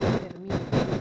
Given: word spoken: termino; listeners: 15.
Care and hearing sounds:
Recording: one Spanish word in noise, from a listening test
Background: noise modulated by one talker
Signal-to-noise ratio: -12.6 dB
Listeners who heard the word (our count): 1 of 15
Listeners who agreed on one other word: 8 of 15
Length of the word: 0.61 s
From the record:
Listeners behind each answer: 8, 2, 2, 1, 1, 1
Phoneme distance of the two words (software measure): 10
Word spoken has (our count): 3 syllables, 7 phonemes, stress on syllable 2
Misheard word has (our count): 3 syllables, 7 phonemes, stress on syllable 2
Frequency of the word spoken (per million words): 3.08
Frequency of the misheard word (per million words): 35.63

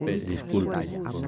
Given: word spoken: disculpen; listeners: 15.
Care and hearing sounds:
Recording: one Spanish word in noise, from a listening test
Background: four-talker babble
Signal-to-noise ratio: 0.6 dB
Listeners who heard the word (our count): 0 of 15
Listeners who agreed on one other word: 9 of 15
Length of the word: 0.87 s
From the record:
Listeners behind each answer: 9, 3, 1, 1, 1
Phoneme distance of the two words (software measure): 17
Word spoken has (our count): 3 syllables, 9 phonemes, stress on syllable 2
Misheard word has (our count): 3 syllables, 8 phonemes, stress on syllable 2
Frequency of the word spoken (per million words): 0.60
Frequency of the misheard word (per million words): 5.13

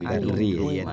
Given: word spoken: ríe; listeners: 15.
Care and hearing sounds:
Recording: one Spanish word in noise, from a listening test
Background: four-talker babble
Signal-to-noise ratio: 0.7 dB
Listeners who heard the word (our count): 2 of 15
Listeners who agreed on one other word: 7 of 15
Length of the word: 0.53 s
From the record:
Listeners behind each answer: 7, 2, 1, 1, 1, 1, 1, 1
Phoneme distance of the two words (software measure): 20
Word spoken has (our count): 2 syllables, 3 phonemes, stress on syllable 1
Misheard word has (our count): 1 syllable, 3 phonemes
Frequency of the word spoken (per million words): 18.98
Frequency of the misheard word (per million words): 3.08

